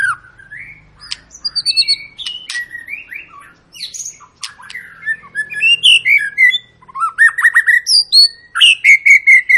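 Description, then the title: White-rumped shama song with rich whistles, sharp clicks and rapid rising notes, building into a fast repeated series near the end. Lure of long, continuous song, used to make other birds sing. "Pancingan Murai Batu Gacor Panjang"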